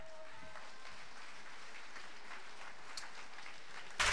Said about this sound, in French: Applaudissements